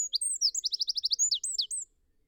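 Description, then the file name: Eurasian wren song: a fast, loud, high-pitched burst of sharp whistled notes and a rapid rattling trill, with sweeping chirps at the end, about two seconds long. "Troglodytes troglodytes"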